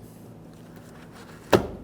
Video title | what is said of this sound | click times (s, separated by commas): How to Replace Side Mirror Glass 2013-2020 Ford Fusion | listen for a click from all the Locking ears a light tug all the way around just confirming it's properly locked in | 1.5 s